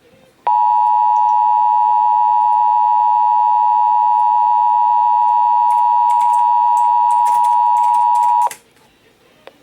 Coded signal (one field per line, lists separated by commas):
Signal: Emergency Alert System (SAME) tones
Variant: 853 and 960 Hz attention tone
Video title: A LIL' BIT OF EVERYTHING... EAS Alerts from 7/1/21 (EAS #5,878 - 5,893)